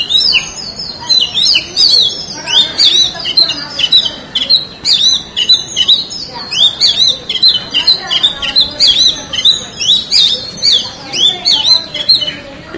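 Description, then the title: Oriental magpie-robin delivering a long, unbroken stream of bright whistles and slurred chirps, phrases tumbling rapidly one after another. "Kacer"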